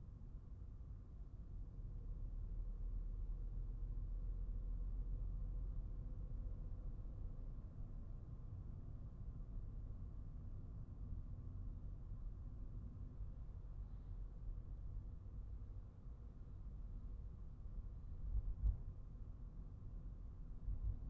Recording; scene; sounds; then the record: everyday scene through a hearing-aid microphone; in a vehicle; engine, traffic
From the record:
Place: Skoda Fabia, gasoline engine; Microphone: behind the ear, right, front